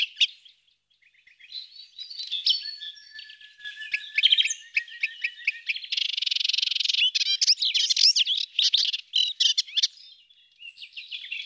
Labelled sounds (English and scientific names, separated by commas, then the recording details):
Melodious Warbler (Hippolais polyglotta) song
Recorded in the wild
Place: St. Laurent des Arbres und Umgebung, FR
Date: 2010-05-24
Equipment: MiniDisc Sharp MT 20 H
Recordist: Schwarz, Dieter